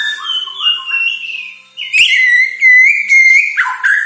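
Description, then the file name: White-rumped shama song: smooth whistled notes stepping up and down, a sharp click, then a long steady ringing whistle and a falling slur. Borneo; lure recording intended to make shamas sing actively. "Sara Pancingan Murai Batu Borneo Agar Gacor Dor"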